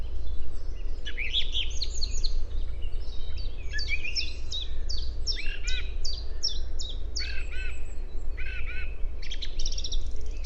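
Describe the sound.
Song thrush song: varied whistled and chirpy phrases, several short notes repeated in quick pairs or triplets, over a constant low rumble.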